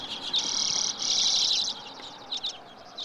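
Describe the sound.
Common Redpoll calls: a dense, buzzy, high rattle in two bursts, followed by scattered rapid chattering notes.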